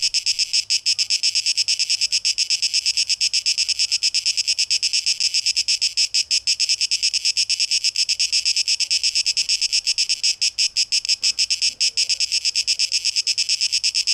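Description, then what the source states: Cicada song, a harsh high buzz pulsing in rapid throbs, steady throughout. Cicadas, tape echo mix, 12 August 2023.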